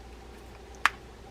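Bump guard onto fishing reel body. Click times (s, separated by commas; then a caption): 0.9 s. A bump guard is lined up so its bottom hole goes over the stud, then pressed onto the body of a Tsunami Evict 2000 spinning fishing reel during servicing. A single sharp, bright click at 0.9 s marks it snapping home, against a quiet background. The bump guard is seated in place.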